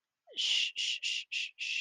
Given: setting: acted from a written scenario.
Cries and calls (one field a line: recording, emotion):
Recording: vocal sound without words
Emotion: sympathy